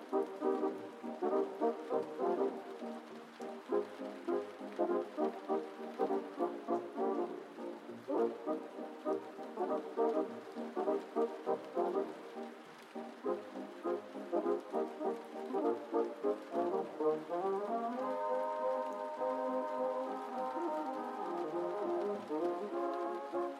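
Muffled oldies music plays from another room, warm and midrange with little bass or treble. Notes pulse in a steady, gentle rhythm at an even volume, and from about seventeen seconds longer held, sliding chords take over.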